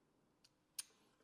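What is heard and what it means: A cartridge bearing is pressed into a bicycle wheel hub by pulling the press tool together. A faint tick comes at about 0.4 s, then a sharp click at 0.8 s with a bright ringing tail, and another sound starts rising at the very end. The bearing is still not fully seated and has not bottomed out all the way in the hub.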